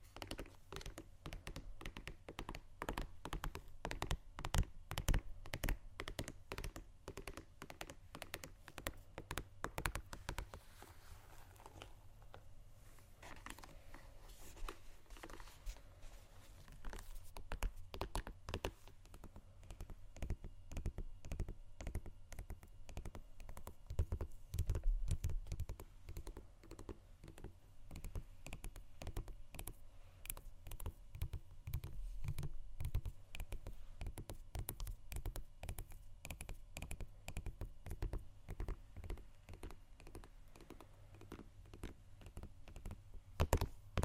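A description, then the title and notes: Shoes scratch and tap in a dense, uneven run of short clicks and scuffs that continues for the whole stretch. The taps come quickly and irregularly, with a low thudding underneath, thinning briefly around 12–15 seconds before picking up again, with a sharp knock near the end. ASMR Shoes Scratching & Tapping（No Talking）.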